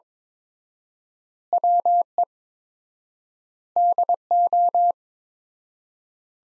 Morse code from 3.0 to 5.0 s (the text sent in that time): DO